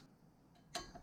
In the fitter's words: there we go little click